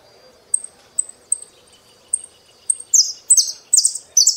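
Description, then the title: Saffron finch song: thin high chips, then four loud slurred downward notes. "Jilguero Argentino"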